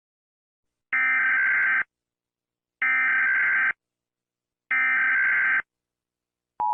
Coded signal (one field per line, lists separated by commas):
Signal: Emergency Alert System (SAME) tones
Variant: header bursts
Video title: EAS Scenario - The Happy Bear (Part 3) (Collaboration with @pierosebastiani-eas )